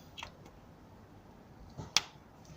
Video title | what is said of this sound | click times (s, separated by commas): Mazda 5/3 P0773 code solenoid E | in that was a nice solid click or a snap | 2.0 s